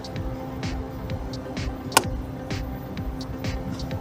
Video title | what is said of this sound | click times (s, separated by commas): How to replace a 2021 Honda Civic side view mirror | you hear it click so that's when you know it's in place okay | 2.0 s